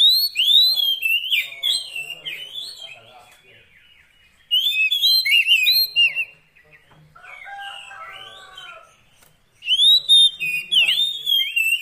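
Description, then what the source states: Oriental magpie-robin song with loud bursts of varied whistles and trills. Quieter, lower warbling phrases fill the gap between the bursts. Long-duration magpie-robin 'isian' fill-in song, meant to make the bird sing actively day and night.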